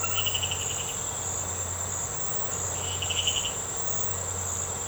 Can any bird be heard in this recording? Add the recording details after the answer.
no. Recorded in secondary vegetation near Puerto Asís, Putumayo, Colombia, on 21 March 2025 at 01:00. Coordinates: 0.468, -76.324. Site G059